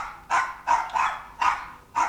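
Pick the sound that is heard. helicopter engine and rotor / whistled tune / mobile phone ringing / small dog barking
small dog barking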